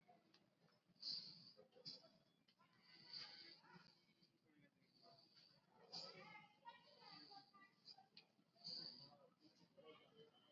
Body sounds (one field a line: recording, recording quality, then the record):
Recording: shallow breathing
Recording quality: excellent, no background noise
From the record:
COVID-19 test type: RT-PCR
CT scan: not taken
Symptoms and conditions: none ticked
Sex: male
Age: 19 years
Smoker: no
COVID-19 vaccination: both doses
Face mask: worn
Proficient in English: yes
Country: India